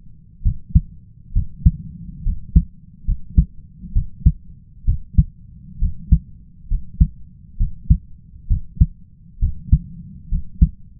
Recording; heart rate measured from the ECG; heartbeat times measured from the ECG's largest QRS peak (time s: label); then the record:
heart sounds by stethoscope; 67 bpm
0.43 s: heartbeat
1.33 s: heartbeat
2.23 s: heartbeat
3.05 s: heartbeat
3.93 s: heartbeat
4.85 s: heartbeat
5.79 s: heartbeat
6.68 s: heartbeat
7.57 s: heartbeat
8.48 s: heartbeat
9.39 s: heartbeat
10.29 s: heartbeat
From the record:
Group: healthy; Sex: male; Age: 20 years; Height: 167 cm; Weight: 61 kg